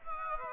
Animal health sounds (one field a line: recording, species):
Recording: mosquito wingbeat signal from an infrared sensor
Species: Aedes aegypti